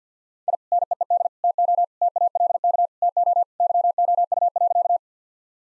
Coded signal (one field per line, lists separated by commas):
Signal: Morse code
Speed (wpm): 49 wpm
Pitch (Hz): 700 Hz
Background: none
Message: I NEED TO TALK TO YOU.